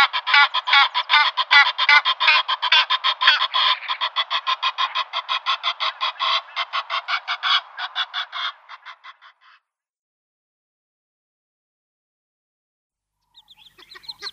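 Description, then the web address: Egyptian goose giving a fast run of harsh, nasal honks that fades out after about nine seconds, then a brief burst returns near the end. "Schulze Peter Egyptian Goose"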